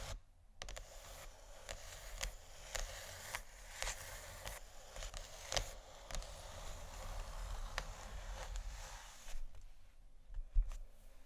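Scratching and tapping on canisters, a dense run of quick, bright clicks and scrapes from about half a second to nine and a half seconds. Sharper taps stand out every second or so, with a low, steady hum underneath and a brief quiet at the end.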